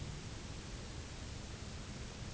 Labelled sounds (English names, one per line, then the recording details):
none
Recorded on Arctic tundra, site UTQI-0, on 11 June 2019
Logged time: 04:00